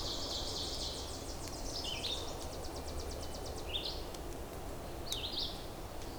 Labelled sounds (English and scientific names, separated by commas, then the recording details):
Red-eyed Vireo (Vireo olivaceus) song
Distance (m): 35 m
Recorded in boreal forest in Alberta, Canada, on 26 May 2016 at 07:10
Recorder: SongMeter 3, array SBT-3-15
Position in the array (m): 104 m, 203 m